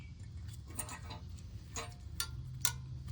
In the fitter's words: Oh, not that way. This way. Yeah, they should just like snap in place.